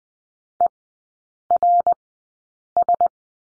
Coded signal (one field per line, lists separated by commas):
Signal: Morse code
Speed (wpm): 20 wpm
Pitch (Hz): 700 Hz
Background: none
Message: ERS